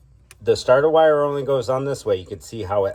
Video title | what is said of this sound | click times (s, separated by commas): 2014 Jeep compass 2.4L starter replacement #Mechanic #AutoRepair #HowTo | To make sure we don't stretch the wires too much, I'm gonna pop this wire hold down out of there. | 0.3 s